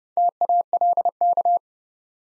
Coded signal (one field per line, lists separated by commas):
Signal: Morse code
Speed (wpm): 30 wpm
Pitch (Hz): 700 Hz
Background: none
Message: TALK